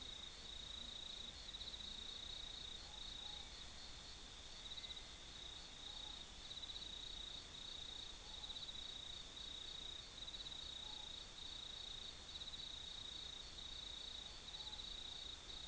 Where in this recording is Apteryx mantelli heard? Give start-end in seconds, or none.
none